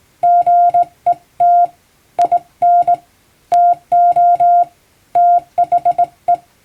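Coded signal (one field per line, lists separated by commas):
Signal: Morse code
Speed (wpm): 20 wpm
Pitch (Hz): 700 Hz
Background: none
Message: GET IN TO THE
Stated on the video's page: Hand-keyed plain-language Morse practice for amateur radio reception, sent by a first-class radiotelegraph operator using a telegram practice book.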